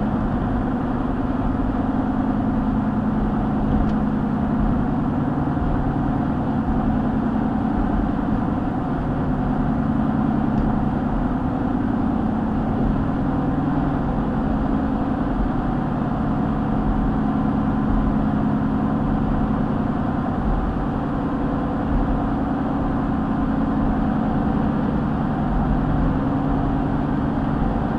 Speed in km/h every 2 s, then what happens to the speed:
89, 87, 89, 90, 92, 90, 90, 90, 92, 90, 90, 90, 92, 92.
0-28 steady at about 90.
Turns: none.